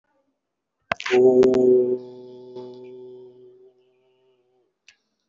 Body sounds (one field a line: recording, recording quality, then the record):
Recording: sustained vowel as in boot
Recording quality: excellent, no background noise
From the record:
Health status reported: respiratory illness, not identified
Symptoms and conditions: chronic lung disease, diabetes, ischaemic heart disease, another condition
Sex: male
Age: 72 years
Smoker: yes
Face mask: worn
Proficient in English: no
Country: India